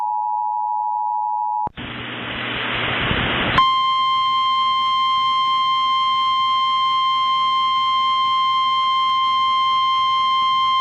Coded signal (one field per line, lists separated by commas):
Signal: Emergency Alert System (SAME) tones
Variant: 853 and 960 Hz attention tone